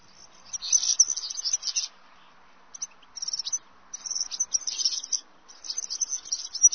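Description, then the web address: European serin song: high, fast jingling bursts of sizzling notes, in several phrases separated by short pauses. "chants Serin cini"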